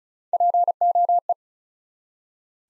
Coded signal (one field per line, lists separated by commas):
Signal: Morse code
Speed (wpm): 36 wpm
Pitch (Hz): 700 Hz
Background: none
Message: POE